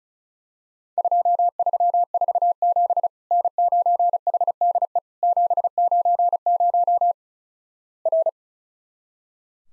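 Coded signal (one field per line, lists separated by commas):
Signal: Morse code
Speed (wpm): 35 wpm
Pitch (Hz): 700 Hz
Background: none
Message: 2347 N9HDE 790 R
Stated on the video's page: Morse practice of Worked All Europe DX Contest QTC exchanges at 35 WPM; each sent in Morse, spoken, then sent again.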